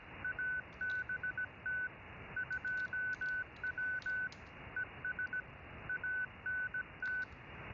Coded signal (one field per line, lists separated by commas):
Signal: Morse code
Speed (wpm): 17 wpm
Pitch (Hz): 1500 Hz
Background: none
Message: ABT 2W ES ANT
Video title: Making CW using SDR Console, Pluto SDR and FLDIGI